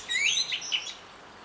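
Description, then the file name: Common blackbird, a short high squeaky chatter of quick rising and falling notes lasting under a second. "Turdus merula"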